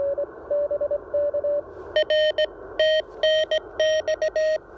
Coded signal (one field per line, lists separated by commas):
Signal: Morse code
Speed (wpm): 17 wpm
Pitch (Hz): 1850 Hz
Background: none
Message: RTNX